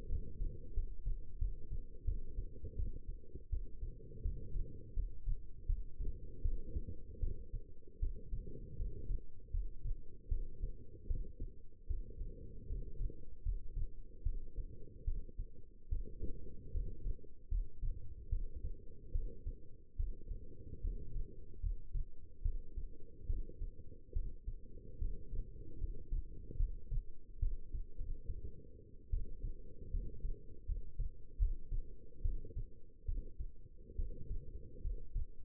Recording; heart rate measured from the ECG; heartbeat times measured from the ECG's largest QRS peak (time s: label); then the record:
heart sounds by stethoscope; 76 bpm
0.08 s: heartbeat
0.73 s: heartbeat
1.38 s: heartbeat
2.04 s: heartbeat
2.75 s: heartbeat
3.49 s: heartbeat
4.22 s: heartbeat
4.93 s: heartbeat
5.66 s: heartbeat
6.42 s: heartbeat
7.20 s: heartbeat
7.99 s: heartbeat
8.76 s: heartbeat
9.51 s: heartbeat
10.28 s: heartbeat
11.07 s: heartbeat
11.87 s: heartbeat
12.67 s: heartbeat
13.43 s: heartbeat
14.23 s: heartbeat
15.04 s: heartbeat
15.89 s: heartbeat
16.71 s: heartbeat
17.48 s: heartbeat
18.29 s: heartbeat
19.12 s: heartbeat
19.96 s: heartbeat
20.81 s: heartbeat
21.60 s: heartbeat
22.42 s: heartbeat
23.26 s: heartbeat
24.13 s: heartbeat
24.98 s: heartbeat
25.78 s: heartbeat
26.57 s: heartbeat
27.39 s: heartbeat
27.97 s: heartbeat
29.10 s: heartbeat
29.90 s: heartbeat
30.65 s: heartbeat
31.38 s: heartbeat
32.22 s: heartbeat
33.05 s: heartbeat
33.96 s: heartbeat
34.81 s: heartbeat
From the record:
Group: healthy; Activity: rest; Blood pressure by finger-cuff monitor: 141/87 mmHg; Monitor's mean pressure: 103 mmHg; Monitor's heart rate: 76 bpm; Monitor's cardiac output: 6.5 L/min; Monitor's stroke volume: 83 mL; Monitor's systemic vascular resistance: 1160 dyn s/cm5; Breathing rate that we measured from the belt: 14 breaths a minute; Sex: female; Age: 22 years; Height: 171 cm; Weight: 65.6 kg